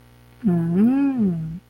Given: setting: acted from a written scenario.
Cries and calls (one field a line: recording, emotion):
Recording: vocal sound without words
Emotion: desire